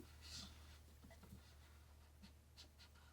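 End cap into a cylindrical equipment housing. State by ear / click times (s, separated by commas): not seated / none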